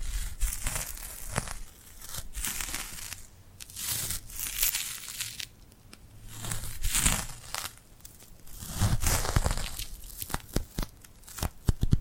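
Sticky, glued hands are pulled apart and pressed together, giving bursts of crackling, peeling and tearing sounds. The texture is bright and uneven, with dense stretches and quieter gaps, and sharp snaps cluster toward the end, especially after ten seconds.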